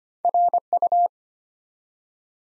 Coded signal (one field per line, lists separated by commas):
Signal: Morse code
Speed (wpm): 25 wpm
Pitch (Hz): 700 Hz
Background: none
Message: RU